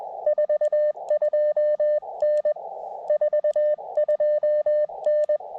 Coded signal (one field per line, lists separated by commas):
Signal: Morse code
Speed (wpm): 20 wpm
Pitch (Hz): 600 Hz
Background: radio noise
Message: 42N 42N